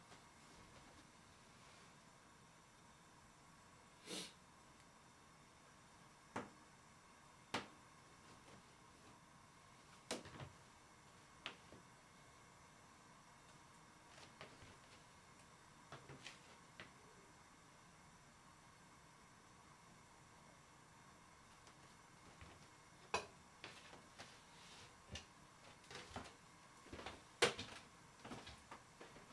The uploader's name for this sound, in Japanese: 洗い物の後はえびそば